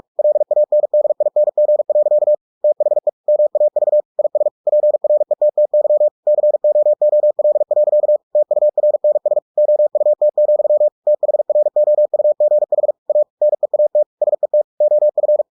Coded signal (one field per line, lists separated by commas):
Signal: Morse code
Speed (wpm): 46 wpm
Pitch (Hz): 600 Hz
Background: none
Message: LANDING. THE MAV IS PRETTY COOL. TURNS OUT, THROUGH A NEAT SET OF